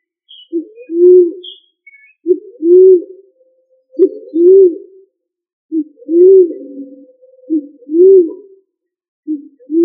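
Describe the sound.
Pigeon or dove cooing steadily, low two-part phrases of a short note and a drawn-out coo repeated at an even pace, with a faint thin tone above.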